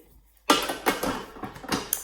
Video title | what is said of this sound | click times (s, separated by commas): Cook with me: Cafe-style breakfast (featuring TM6 modes) | and you will hear a little click once it's in | 0.5 s